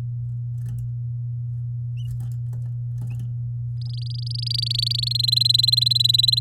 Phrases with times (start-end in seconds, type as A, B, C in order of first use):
3.81-5.09 A, 5.11-6.39 B